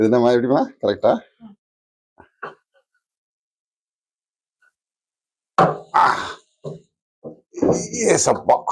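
A long hook pole is used on a household latch that is pushed to lock it, while someone talks. Brief faint knocks are heard near 2.2 s and 2.4 s, and a loud sharp knock follows at about 5.6 s, with more talking afterward. The clip ends with the latch handled but nothing seated or clicked yet.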